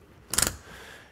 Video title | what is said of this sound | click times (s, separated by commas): Point 65 Kayaks at TackleDirect | you line up the ratchet straps and you start the process so that uh you you begin to hear the click knowing that they're going through the buckles | 0.3 s, 0.4 s, 0.5 s